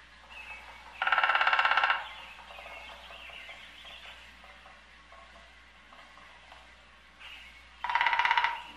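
Woodpecker drums two loud, fast rolls of taps about seven seconds apart.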